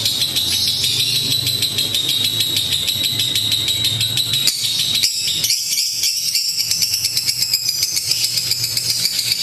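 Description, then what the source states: Lovebird giving a long, shrill chattering run of fast notes, with a faint low hum underneath. Lutino lovebird giving the ngekek chattering call, used for training.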